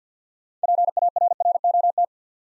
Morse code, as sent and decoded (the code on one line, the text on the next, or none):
.--. .- .-. .-. --- -
PARROT